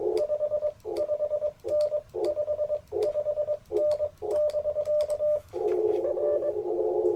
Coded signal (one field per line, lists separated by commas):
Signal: Morse code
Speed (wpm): 20 wpm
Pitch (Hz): 600 Hz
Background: radio noise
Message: 55N 55N <BK> R